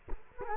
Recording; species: mosquito wingbeat signal from an infrared sensor; Culex quinquefasciatus